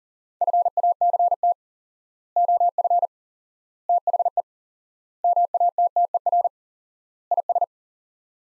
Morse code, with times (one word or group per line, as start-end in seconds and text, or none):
0.4-1.5 FACT
2.4-3.1 OF
3.9-4.4 THE
5.2-6.5 MATTER
7.3-7.6 IS